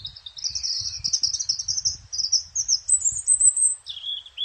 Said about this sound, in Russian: А у зарянки вот именно вот этот звук как будто... Идут ноты, ноты, ноты, ноты, а потом все вдруг склеивается.